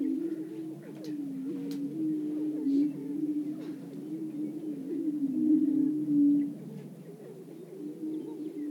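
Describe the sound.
Greater prairie-chickens in a dense chorus: a continuous low moaning boom with busy, overlapping cackles and short whoops, plus a few sharp clicks.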